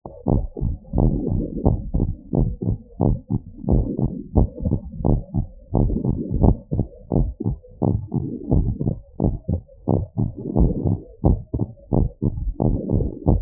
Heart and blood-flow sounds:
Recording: heart sounds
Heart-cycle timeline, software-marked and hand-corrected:
0.00	0.02	S2
0.02	0.28	diastole
0.28	0.42	S1
0.42	0.64	systole
0.64	0.74	S2
0.74	0.98	diastole
0.98	1.14	S1
1.14	1.34	systole
1.34	1.44	S2
1.44	1.64	diastole
1.64	1.78	S1
1.78	2.02	systole
2.02	2.14	S2
2.14	2.38	diastole
2.38	2.48	S1
2.48	2.68	systole
2.68	2.78	S2
2.78	3.06	diastole
3.06	3.18	S1
3.18	3.40	systole
3.40	3.46	S2
3.46	3.70	diastole
3.70	3.84	S1
3.84	4.02	systole
4.02	4.12	S2
4.12	4.36	diastole
4.36	4.48	S1
4.48	4.68	systole
4.68	4.80	S2
4.80	5.06	diastole
5.06	5.18	S1
5.18	5.38	systole
5.38	5.48	S2
5.48	5.76	diastole
5.76	5.92	S1
5.92	6.10	systole
6.10	6.20	S2
6.20	6.42	diastole
6.42	6.56	S1
6.56	6.78	systole
6.78	6.88	S2
6.88	7.16	diastole
7.16	7.30	S1
7.30	7.52	systole
7.52	7.62	S2
7.62	7.88	diastole
7.88	8.00	S1
8.00	8.22	systole
8.22	8.30	S2
8.30	8.52	diastole
8.52	8.66	S1
8.66	8.88	systole
8.88	8.98	S2
8.98	9.24	diastole
9.24	9.34	S1
9.34	9.54	systole
9.54	9.64	S2
9.64	9.90	diastole
9.90	10.04	S1
10.04	10.26	systole
10.26	10.34	S2
10.34	10.58	diastole
10.58	10.72	S1
10.72	10.90	systole
10.90	11.00	S2
11.00	11.26	diastole
11.26	11.40	S1
11.40	11.62	systole
11.62	11.72	S2
11.72	11.98	diastole
11.98	12.10	S1
12.10	12.34	systole
12.34	12.44	S2
12.44	12.66	diastole
12.66	12.78	S1
12.78	12.94	systole
12.94	13.06	S2
13.06	13.28	diastole
13.28	13.42	S1
From the record:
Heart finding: normal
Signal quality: good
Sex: female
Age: 42 years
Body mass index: 35.5

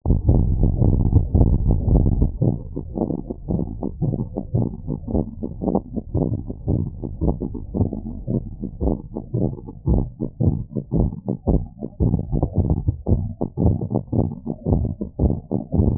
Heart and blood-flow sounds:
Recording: heart sounds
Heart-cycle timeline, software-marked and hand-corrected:
0.00	3.46	noise
3.46	3.60	S1
3.60	3.74	systole
3.74	3.84	S2
3.84	4.02	diastole
4.02	4.14	S1
4.14	4.28	systole
4.28	4.38	S2
4.38	4.56	diastole
4.56	4.68	S1
4.68	4.84	systole
4.84	4.94	S2
4.94	5.12	diastole
5.12	5.24	S1
5.24	5.40	systole
5.40	5.48	S2
5.48	5.64	diastole
5.64	5.74	S1
5.74	5.90	systole
5.90	5.98	S2
5.98	6.16	diastole
6.16	6.28	S1
6.28	6.42	systole
6.42	6.52	S2
6.52	6.70	diastole
6.70	6.82	S1
6.82	6.96	systole
6.96	7.06	S2
7.06	7.24	diastole
7.24	7.36	S1
7.36	7.50	systole
7.50	7.58	S2
7.58	7.76	diastole
7.76	7.88	S1
7.88	8.02	systole
8.02	8.12	S2
8.12	8.30	diastole
8.30	8.42	S1
8.42	8.56	systole
8.56	8.64	S2
8.64	8.84	diastole
8.84	8.96	S1
8.96	9.10	systole
9.10	9.18	S2
9.18	9.36	diastole
9.36	9.50	S1
9.50	9.62	systole
9.62	9.70	S2
9.70	9.88	diastole
9.88	10.04	S1
10.04	10.18	systole
10.18	10.26	S2
10.26	10.42	diastole
10.42	10.54	S1
10.54	10.68	systole
10.68	10.76	S2
10.76	10.94	diastole
10.94	11.08	S1
11.08	11.22	systole
11.22	11.30	S2
11.30	11.48	diastole
11.48	11.62	S1
11.62	11.76	systole
11.76	11.84	S2
11.84	12.02	diastole
12.02	12.14	S1
12.14	12.32	systole
12.32	12.42	S2
12.42	12.58	diastole
12.58	12.72	S1
12.72	12.86	systole
12.86	12.96	S2
12.96	13.12	diastole
13.12	13.26	S1
13.26	13.40	systole
13.40	13.48	S2
13.48	13.62	diastole
13.62	13.78	S1
13.78	13.94	systole
13.94	14.02	S2
14.02	14.18	diastole
14.18	14.30	S1
14.30	14.42	systole
14.42	14.50	S2
14.50	14.68	diastole
14.68	14.84	S1
14.84	14.98	systole
14.98	15.06	S2
15.06	15.22	diastole
15.22	15.36	S1
15.36	15.52	systole
15.52	15.60	S2
15.60	15.78	diastole
15.78	15.96	S1
15.96	15.98	systole
From the record:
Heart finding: abnormal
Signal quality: good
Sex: male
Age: 53 years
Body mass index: 27.1

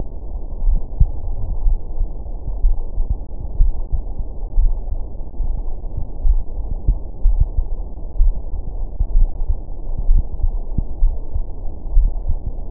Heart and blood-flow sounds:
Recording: heart sounds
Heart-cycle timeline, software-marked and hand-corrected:
0.00	0.02	S2
0.02	0.64	diastole
0.64	0.80	S1
0.80	0.98	systole
0.98	1.08	S2
1.08	1.64	diastole
1.64	1.78	S1
1.78	1.98	systole
1.98	2.08	S2
2.08	2.62	diastole
2.62	2.76	S1
2.76	2.96	systole
2.96	3.06	S2
3.06	3.56	diastole
3.56	3.72	S1
3.72	3.92	systole
3.92	4.02	S2
4.02	4.56	diastole
4.56	4.72	S1
4.72	4.90	systole
4.90	4.98	S2
4.98	5.44	diastole
5.44	5.54	S1
5.54	5.72	systole
5.72	5.80	S2
5.80	6.26	diastole
6.26	6.42	S1
6.42	6.60	systole
6.60	6.70	S2
6.70	7.24	diastole
7.24	7.38	S1
7.38	7.56	systole
7.56	7.66	S2
7.66	8.18	diastole
8.18	8.34	S1
8.34	8.54	systole
8.54	8.64	S2
8.64	9.14	diastole
9.14	9.30	S1
9.30	9.50	systole
9.50	9.60	S2
9.60	10.08	diastole
10.08	10.24	S1
10.24	10.42	systole
10.42	10.52	S2
10.52	11.02	diastole
11.02	11.14	S1
11.14	11.34	systole
11.34	11.44	S2
11.44	11.94	diastole
11.94	12.12	S1
12.12	12.28	systole
12.28	12.38	S2
12.38	12.71	diastole
From the record:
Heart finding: coronary artery disease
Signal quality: good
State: rest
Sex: male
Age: 66 years

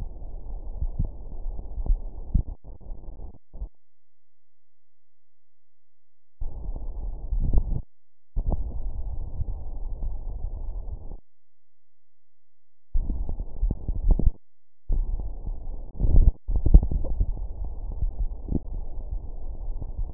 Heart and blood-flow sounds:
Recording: heart sounds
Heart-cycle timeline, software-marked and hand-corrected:
not marked
From the record:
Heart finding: coronary artery disease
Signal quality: poor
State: rest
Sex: male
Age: 55 years

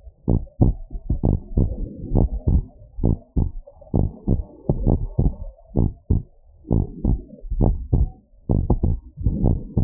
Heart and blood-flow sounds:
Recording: heart sounds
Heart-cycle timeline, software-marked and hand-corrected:
0.00	0.29	diastole
0.29	0.43	S1
0.43	0.61	systole
0.61	0.75	S2
0.75	1.25	diastole
1.25	1.37	S1
1.37	1.55	systole
1.55	1.69	S2
1.69	2.13	diastole
2.13	2.31	S1
2.31	2.47	systole
2.47	2.63	S2
2.63	3.03	diastole
3.03	3.17	S1
3.17	3.37	systole
3.37	3.49	S2
3.49	3.95	diastole
3.95	4.09	S1
4.09	4.29	systole
4.29	4.43	S2
4.43	4.83	diastole
4.83	4.99	S1
4.99	5.19	systole
5.19	5.33	S2
5.33	5.77	diastole
5.77	5.91	S1
5.91	6.11	systole
6.11	6.23	S2
6.23	6.71	diastole
6.71	6.85	S1
6.85	7.05	systole
7.05	7.19	S2
7.19	7.59	diastole
7.59	7.77	S1
7.77	7.93	systole
7.93	8.09	S2
8.09	8.55	diastole
8.55	8.67	S1
8.67	8.83	systole
8.83	8.97	S2
8.97	9.41	diastole
9.41	9.59	S1
9.59	9.77	systole
9.77	9.84	S2
From the record:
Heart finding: normal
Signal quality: good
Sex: male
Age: 57 years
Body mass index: 22.2

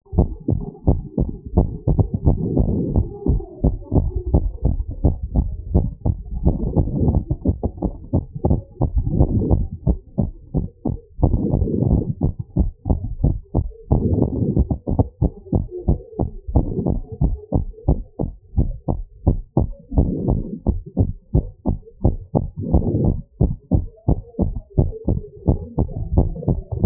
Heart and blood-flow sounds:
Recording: heart sounds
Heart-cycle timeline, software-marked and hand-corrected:
0.00	0.16	diastole
0.16	0.28	S1
0.28	0.50	systole
0.50	0.60	S2
0.60	0.86	diastole
0.86	1.00	S1
1.00	1.22	systole
1.22	1.32	S2
1.32	1.56	diastole
1.56	1.68	S1
1.68	1.92	systole
1.92	2.06	S2
2.06	2.26	diastole
2.26	2.36	S1
2.36	2.56	systole
2.56	2.70	S2
2.70	2.94	diastole
2.94	3.06	S1
3.06	3.28	systole
3.28	3.40	S2
3.40	3.64	diastole
3.64	3.76	S1
3.76	3.96	systole
3.96	4.10	S2
4.10	4.32	diastole
4.32	4.44	S1
4.44	4.64	systole
4.64	4.78	S2
4.78	5.02	diastole
5.02	5.14	S1
5.14	5.36	systole
5.36	5.48	S2
5.48	5.72	diastole
5.72	5.86	S1
5.86	6.06	systole
6.06	6.16	S2
6.16	6.44	diastole
6.44	6.56	S1
6.56	6.74	systole
6.74	6.84	S2
6.84	7.06	diastole
7.06	7.22	S1
7.22	7.46	systole
7.46	7.56	S2
7.56	7.82	diastole
7.82	7.92	S1
7.92	8.14	systole
8.14	8.22	S2
8.22	8.46	diastole
8.46	8.60	S1
8.60	8.82	systole
8.82	8.90	S2
8.90	9.14	diastole
9.14	9.28	S1
9.28	9.50	systole
9.50	9.64	S2
9.64	9.88	diastole
9.88	9.98	S1
9.98	10.20	systole
10.20	10.30	S2
10.30	10.56	diastole
10.56	10.66	S1
10.66	10.90	systole
10.90	10.98	S2
10.98	11.24	diastole
11.24	11.38	S1
11.38	11.58	systole
11.58	11.70	S2
11.70	11.90	diastole
11.90	12.04	S1
12.04	12.24	systole
12.24	12.34	S2
12.34	12.58	diastole
12.58	12.70	S1
12.70	12.90	systole
12.90	13.00	S2
13.00	13.22	diastole
13.22	13.34	S1
13.34	13.56	systole
13.56	13.66	S2
13.66	13.92	diastole
13.92	14.04	S1
14.04	14.22	systole
14.22	14.32	S2
14.32	14.54	diastole
14.54	14.68	S1
14.68	14.90	systole
14.90	14.98	S2
14.98	15.22	diastole
15.22	15.32	S1
15.32	15.54	systole
15.54	15.64	S2
15.64	15.88	diastole
15.88	15.98	S1
15.98	16.20	systole
16.20	16.30	S2
16.30	16.54	diastole
16.54	16.66	S1
16.66	16.86	systole
16.86	16.98	S2
16.98	17.22	diastole
17.22	17.34	S1
17.34	17.54	systole
17.54	17.64	S2
17.64	17.88	diastole
17.88	18.00	S1
18.00	18.22	systole
18.22	18.32	S2
18.32	18.58	diastole
18.58	18.72	S1
18.72	18.94	systole
18.94	19.04	S2
19.04	19.28	diastole
19.28	19.40	S1
19.40	19.62	systole
19.62	19.70	S2
19.70	19.96	diastole
19.96	20.10	S1
20.10	20.28	systole
20.28	20.42	S2
20.42	20.68	diastole
20.68	20.78	S1
20.78	21.00	systole
21.00	21.10	S2
21.10	21.36	diastole
21.36	21.46	S1
21.46	21.68	systole
21.68	21.78	S2
21.78	22.04	diastole
22.04	22.16	S1
22.16	22.36	systole
22.36	22.44	S2
22.44	22.70	diastole
22.70	22.84	S1
22.84	23.02	systole
23.02	23.16	S2
23.16	23.42	diastole
23.42	23.52	S1
23.52	23.72	systole
23.72	23.82	S2
23.82	24.08	diastole
24.08	24.18	S1
24.18	24.40	systole
24.40	24.52	S2
24.52	24.78	diastole
24.78	24.88	S1
24.88	25.08	systole
25.08	25.18	S2
25.18	25.46	diastole
25.46	25.58	S1
25.58	25.78	systole
25.78	25.88	S2
25.88	26.14	diastole
26.14	26.28	S1
26.28	26.48	systole
26.48	26.58	S2
26.58	26.82	diastole
26.82	26.86	S1
From the record:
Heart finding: normal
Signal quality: good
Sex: female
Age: 67 years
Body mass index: 34.6

